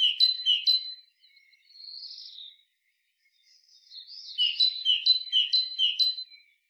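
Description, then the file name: Great tit with two ringing two-part notes, a soft buzzy churr, then a run of four sharp notes; no other sounds. "Parus major"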